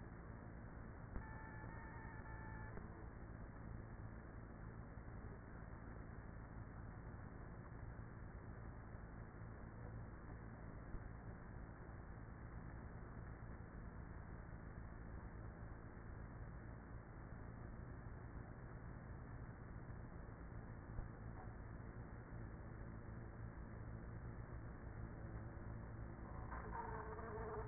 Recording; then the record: honeybee colony, microphone inside the hive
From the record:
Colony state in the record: queenless with a low population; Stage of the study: after two queens were removed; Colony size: about 30,000 bees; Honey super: no